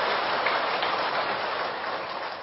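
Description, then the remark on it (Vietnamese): Sustained applause from a large audience at a Buddhist temple gathering at the start of the new year, a dense, steady wash of many hands clapping with no individual claps standing out, holding loud throughout and easing slightly toward the end. “Xin quý vị hãy cho một tràng vỗ tay thật lớn thật dài để cùng cảm nhận hạnh phúc ngay tại nơi đây.”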